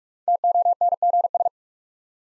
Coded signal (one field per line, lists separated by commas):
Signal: Morse code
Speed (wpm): 46 wpm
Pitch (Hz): 700 Hz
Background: none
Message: TONGS